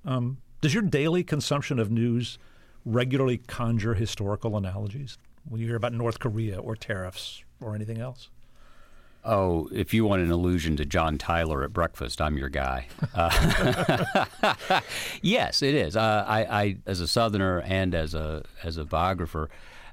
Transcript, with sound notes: Does your daily consumption of news regularly conjure historical analogies - when you hear about North Korea or tariffs or anything else?
Oh, if you want an allusion to John Tyler at breakfast, I'm your guy.
(LAUGHTER)
Yes, it is. I - as a southerner and as a biographer,